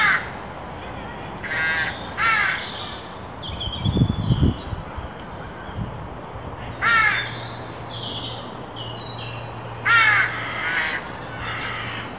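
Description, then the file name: Carrion crow giving scattered hoarse caws at irregular intervals, with a brief low thump near the middle and a steady low hum. "Corvus corone"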